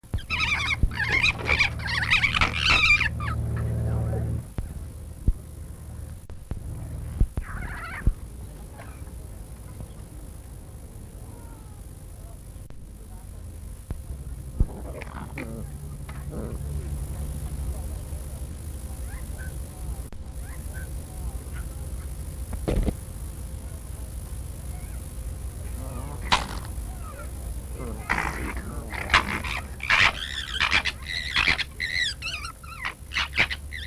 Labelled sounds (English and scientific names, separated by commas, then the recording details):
Corsac Fox (Vulpes corsac)
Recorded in captivity
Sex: pair
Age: adult
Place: Zoopark Erfurt, Thüringen, DE
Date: 1962-08-16 16:00
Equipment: Minifon, Kopie Smaragd
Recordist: Tembrock, Günter